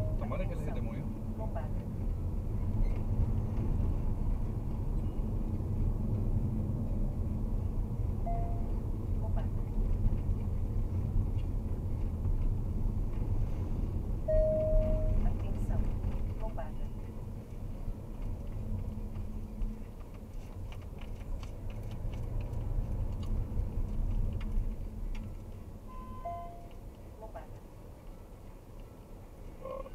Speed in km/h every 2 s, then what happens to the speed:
40, 42, 42, 38, 37, 37, 36, 33, 27, 18, 21, 24, 14, 6, 6.
4-18 slows to 18. 18-22 speeds up to 24. 22-25 brakes to 6.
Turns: none.